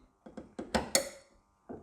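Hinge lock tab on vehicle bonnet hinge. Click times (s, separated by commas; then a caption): 0.9 s. On a Range Rover P38 with a BMW M51 engine, the lock tab in the bonnet hinge is pushed down and aligned so it will hold the bonnet open. A few quiet taps and knocks grow louder, then a sharp metallic click at 0.9 s rings out and decays, followed by one more faint tap near 1.7 s. The tab clicks into place at 0.9 s and is seated.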